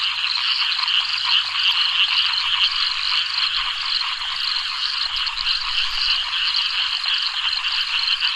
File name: animals frogs toads many insects reservoir night subtropical australia